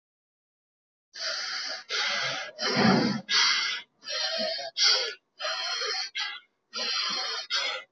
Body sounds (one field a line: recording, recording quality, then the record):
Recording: shallow breathing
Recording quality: excellent, no background noise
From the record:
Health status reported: healthy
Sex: male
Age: 22 years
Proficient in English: yes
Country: India